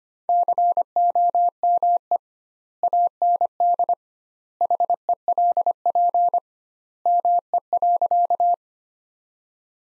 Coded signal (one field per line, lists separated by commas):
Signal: Morse code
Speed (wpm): 25 wpm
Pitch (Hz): 700 Hz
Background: none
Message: COME AND HELP ME.